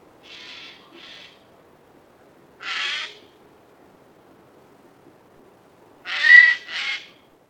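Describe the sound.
Eurasian jay giving harsh, rasping screeches: two quieter bursts, one louder one, then a loud double screech near the end, with silence between.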